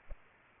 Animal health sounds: mosquito wingbeat signal from an infrared sensor; Aedes aegypti

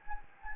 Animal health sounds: mosquito wingbeat signal from an infrared sensor; Anopheles gambiae

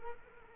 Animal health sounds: mosquito wingbeat signal from an infrared sensor; Culex quinquefasciatus

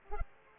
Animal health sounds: mosquito wingbeat signal from an infrared sensor; Culex pipiens

